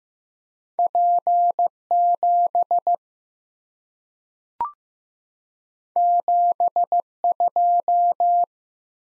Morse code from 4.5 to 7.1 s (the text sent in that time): 7